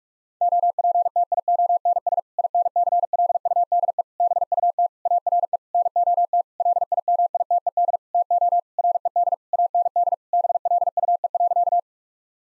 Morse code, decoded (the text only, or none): OPTIONS INCLUDE BUT ARE NOT LIMITED TO RED AND BLUE.